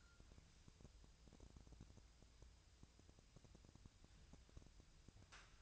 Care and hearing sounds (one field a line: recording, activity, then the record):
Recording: daily activity, microphone in the room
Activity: wipe stove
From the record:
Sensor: 2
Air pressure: 1001.5 hPa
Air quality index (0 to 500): 226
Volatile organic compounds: 25 ppm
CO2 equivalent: 2832 ppm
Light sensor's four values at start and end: 7/26/10/9 and 7/26/10/9